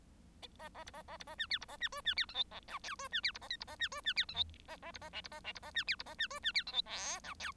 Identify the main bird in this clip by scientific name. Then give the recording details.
Lonchura striata domestica. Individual Bird1